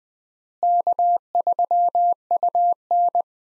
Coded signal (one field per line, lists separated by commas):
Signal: Morse code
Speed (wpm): 20 wpm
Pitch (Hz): 700 Hz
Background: none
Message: K3UN